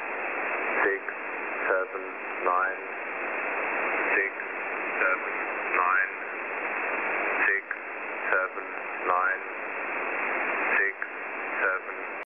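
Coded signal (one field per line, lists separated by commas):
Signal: numbers station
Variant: E06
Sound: short, evenly spaced spoken words, possibly garbled, under heavy shortwave hiss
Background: radio static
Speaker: this is a video on when a number station goes wrong first off we have e06 when it has an error with its main voice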